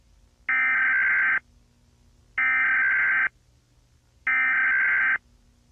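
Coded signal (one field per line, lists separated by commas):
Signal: Emergency Alert System (SAME) tones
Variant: header bursts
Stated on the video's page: Fictional EAS scenario.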